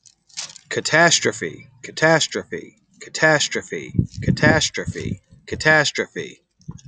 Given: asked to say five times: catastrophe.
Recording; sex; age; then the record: repeated word; male; 30 to 39 years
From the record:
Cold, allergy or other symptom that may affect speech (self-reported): no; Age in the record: 34 years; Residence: Florida, United States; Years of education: 13